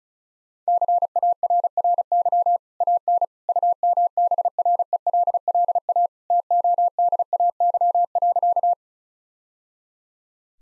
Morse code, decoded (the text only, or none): CARRY AN UMBRELLA TODAY.